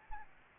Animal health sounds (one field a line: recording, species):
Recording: mosquito wingbeat signal from an infrared sensor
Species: Anopheles gambiae